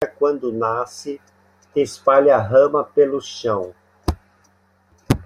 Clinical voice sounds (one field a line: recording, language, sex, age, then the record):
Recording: short text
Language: Brazilian Portuguese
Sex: male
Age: 60 to 69 years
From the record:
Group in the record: control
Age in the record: 65 years